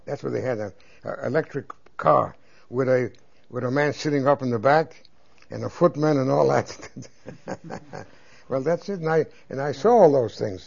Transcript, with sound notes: That's what they had then, an electric car with a, with a man sitting up in the back and a footman and all that. (He laughs.) Well, that's it. And I saw all those things.